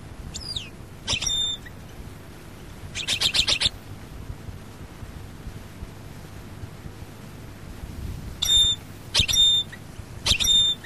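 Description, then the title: European goldfinch giving scattered short bursts of buzzy, twittering notes and a falling slurred call, separated by long quiet gaps. "Chant Chardonneret"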